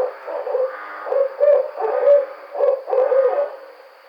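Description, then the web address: Barred owl hooting in a quick, uneven series of loud rounded notes, several bursts within four seconds, faint high hum in the background. Recorded on 5 June 2009. "Barred Owl 2009 06 05"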